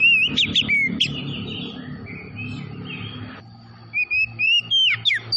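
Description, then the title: Oriental magpie-robin song: clear whistled notes and sharp slurred phrases, a busy burst at the start, then a quieter gap with low rumble, followed by repeated rising whistles. Tretes variety, singing vigorously (gacor). "Kacer Tretes Gacor"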